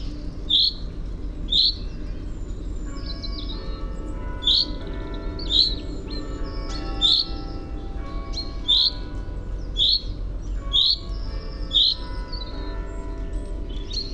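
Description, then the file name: Common chaffinch calling: sharp, clipped 'pink' notes repeated roughly every second, with a pause of nearly three seconds near the start, over softer background whistles and a constant low hum. "Fringilla coelebs"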